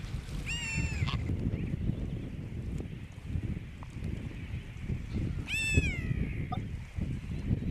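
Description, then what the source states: Brown booby calls: two high, strained whistles that sweep upward and level off, about five seconds apart, over a constant low rumbling background. Johnston Atoll.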